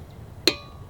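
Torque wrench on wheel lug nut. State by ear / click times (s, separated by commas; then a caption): torque reached / 0.5 s. A click-type torque wrench cross-tightens the opposite lug nut on a wheel and clicks once at its setting at 0.5 s. The click is a sharp, metallic snap with a short ringing tail over a quiet background, confirming the nut reached the set torque.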